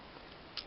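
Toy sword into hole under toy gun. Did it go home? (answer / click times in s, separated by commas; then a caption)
yes / 0.6 s. A plastic toy sword is pushed into a small hole on the bottom of a toy gun from a Transformers Generations Autobot Springer figure. A steady low hiss runs under a short, sharp click at 0.6 s, and the sword seats in place.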